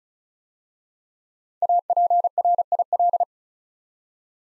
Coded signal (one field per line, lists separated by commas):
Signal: Morse code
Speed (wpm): 36 wpm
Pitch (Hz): 700 Hz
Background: none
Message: APRIL